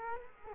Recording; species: mosquito wingbeat signal from an infrared sensor; Culex quinquefasciatus